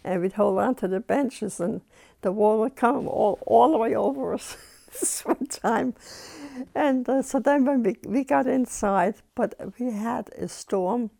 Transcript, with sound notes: And we'd hold onto the benches, and the water would come all, all the way over us sometime. (she laughs) And so then when we, we got inside, but we had a storm